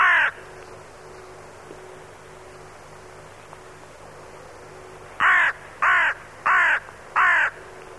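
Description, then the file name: Crow calling with hoarse caws, one caw at the start, a long quiet gap, then a run of four harsh caws spaced evenly. "vrana"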